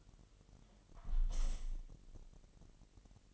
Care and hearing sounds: daily activity, microphone in the room; close window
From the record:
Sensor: 4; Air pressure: 1000.8 hPa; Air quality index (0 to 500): 244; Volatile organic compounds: 41 ppm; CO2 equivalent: 3165 ppm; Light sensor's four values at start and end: 9/21/8/8 and 9/20/8/7

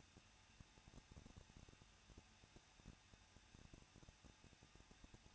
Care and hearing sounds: daily activity, microphone in the room; no activity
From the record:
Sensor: 2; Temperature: 21.0 degrees Celsius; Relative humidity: 37.4%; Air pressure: 1006.2 hPa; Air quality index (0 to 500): 222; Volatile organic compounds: 24 ppm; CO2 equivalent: 2809 ppm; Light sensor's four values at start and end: 2/3/2/2 and 2/3/2/2

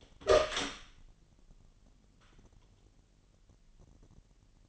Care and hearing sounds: daily activity, microphone in the room; open door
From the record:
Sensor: 4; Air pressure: 999.2 hPa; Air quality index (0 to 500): 119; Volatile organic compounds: 2 ppm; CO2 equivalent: 1170 ppm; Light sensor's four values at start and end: 12/30/12/13 and 13/32/13/14

